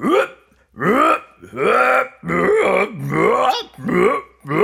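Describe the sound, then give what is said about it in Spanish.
A voice imitates a toad singing at a birds' party in a run of about six loud, throaty, gurgling croaks, each bending in pitch, separated by short pauses, with no spoken words. “Pero no aguantó más y empezó también a cantar él.”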